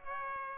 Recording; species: mosquito wingbeat signal from an infrared sensor; Aedes aegypti